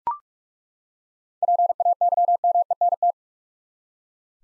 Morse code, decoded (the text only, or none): PAYMENT